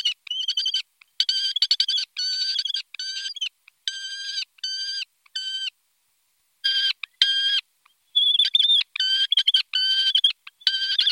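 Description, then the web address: Falcon giving series of short, harsh, clipped notes and chatters, with a brief silence midway before the calls resume. "zvuky divociny. sokol"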